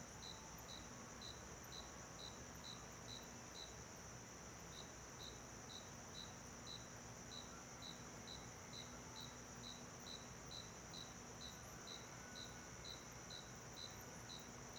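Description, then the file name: Cricket chirping, short high pulses repeated about twice a second at a steady pace, over a constant low mechanical hum. Night ambience in a small-town backyard, with an air conditioner. "Ambiencia quintal de cidade pequena a noite com grilo, ar condicionado e musica longe"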